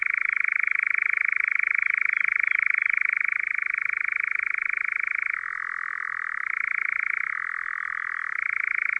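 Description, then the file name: European nightjar giving a continuous fast reeling churr. The pitch drops briefly twice, then returns to its higher level. Faint soft notes are heard near the start. "lelek"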